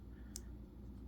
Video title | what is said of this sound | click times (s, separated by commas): How to assemble wiring to adaptor for CarTrimHome rear lift gate LED lights | like this here click | 0.4 s